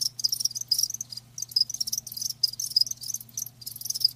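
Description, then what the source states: Crickets chirping in dense high-pitched pulses, bursts separated by brief pauses, with a faint low steady hum underneath. Live crickets chirping, a lulling song.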